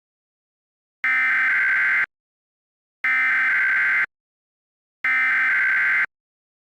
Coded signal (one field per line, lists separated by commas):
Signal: Emergency Alert System (SAME) tones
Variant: header bursts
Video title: EAS Scenario | The Sun Explodes